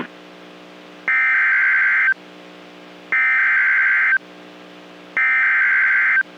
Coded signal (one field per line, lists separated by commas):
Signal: Emergency Alert System (SAME) tones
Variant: header bursts